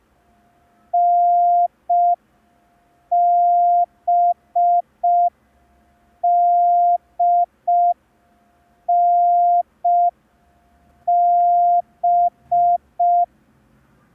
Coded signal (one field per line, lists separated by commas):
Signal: Morse code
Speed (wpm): 5 wpm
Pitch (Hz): 700 Hz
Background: none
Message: NBDNB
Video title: [MC–02] Learn Morse Code in 10 Days (Day 2) – ASOC Tutorials India